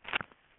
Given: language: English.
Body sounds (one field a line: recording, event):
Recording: throat vibration sensor signal played as sound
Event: swallow